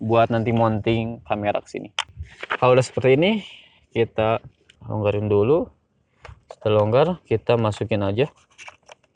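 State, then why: Seated. Someone talks while sliding a camera quick-release plate into the mounting clamp of a Moza Air Cross 2 gimbal, after first loosening the clamp. At 8.9 s there is a sharp snap-like hit followed by smaller rattles as the clamp is locked. The plate seats and is locked tightly into the gimbal mount.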